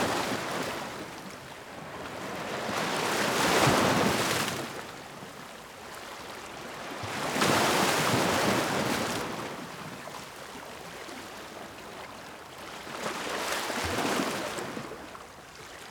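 Gentle waves roll in and wash out in a slow, regular rhythm, with three soft swells peaking around 4, 8 and 14 seconds. Each surge hisses brightly before fading back to a quieter wash, with a faint low rumble underneath throughout.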